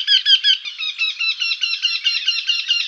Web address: Jynx torquilla